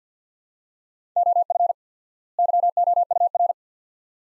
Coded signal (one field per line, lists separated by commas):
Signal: Morse code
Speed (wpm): 50 wpm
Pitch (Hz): 700 Hz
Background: none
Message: OF YOUR